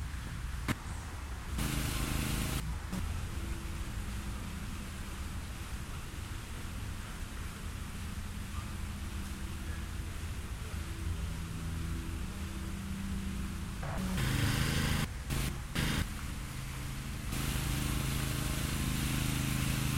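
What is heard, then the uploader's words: A fountain runs steadily outdoors, its dense rushing wash of water holding an even level throughout. Brighter, louder gushes break through near the start and again from about 14 to 17 seconds, over a constant low rumble that may be traffic. In the center of campus is a fountain surrounded by 120 palm trees. The sources for this audio piece are binaural recordings made by positioning a microphone at each tree in the northeast quadrant. The recordings are cut together to produce a mixture of rapid changes and longer segments.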